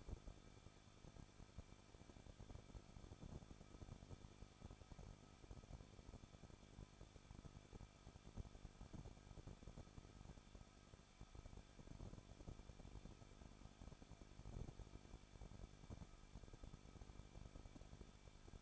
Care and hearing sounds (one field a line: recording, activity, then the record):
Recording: daily activity, microphone in the room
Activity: no activity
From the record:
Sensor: 5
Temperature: 20.9 degrees Celsius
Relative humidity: 38.2%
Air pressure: 1006.4 hPa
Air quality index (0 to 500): 187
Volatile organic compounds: 18 ppm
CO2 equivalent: 2622 ppm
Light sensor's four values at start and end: 2/3/1/1 and 2/3/1/1